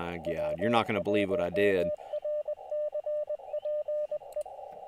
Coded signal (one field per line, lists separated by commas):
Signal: Morse code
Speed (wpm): 20 wpm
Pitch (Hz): 600 Hz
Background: speech, radio noise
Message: W1RCP E